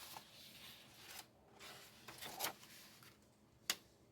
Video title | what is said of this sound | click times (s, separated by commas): Fun #TagtasticTuesday A Comedy of Errors | Yep. There. Did you hear it snap? snapped in place. And there you go. | 3.7 s